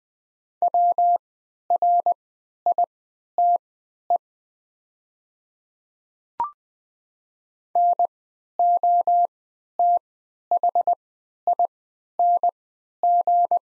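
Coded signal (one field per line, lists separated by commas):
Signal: Morse code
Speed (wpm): 20 wpm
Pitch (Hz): 700 Hz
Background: none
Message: WRITE NOTHING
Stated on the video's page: Farnsworth-timed practice set of the top 500 words at 20 wpm with triple character spacing, for moving learners from individual characters to whole words.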